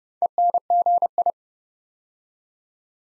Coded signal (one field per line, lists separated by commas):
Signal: Morse code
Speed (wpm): 30 wpm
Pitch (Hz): 700 Hz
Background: none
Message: ENGI